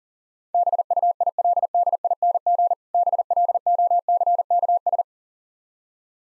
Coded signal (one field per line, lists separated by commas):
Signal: Morse code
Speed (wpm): 40 wpm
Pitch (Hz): 700 Hz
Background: none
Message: BUILDING BLOCKS